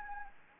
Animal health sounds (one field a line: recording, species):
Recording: mosquito wingbeat signal from an infrared sensor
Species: Anopheles arabiensis